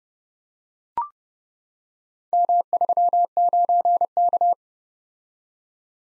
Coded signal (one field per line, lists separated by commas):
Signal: Morse code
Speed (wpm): 29 wpm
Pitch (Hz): 700 Hz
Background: none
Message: M39K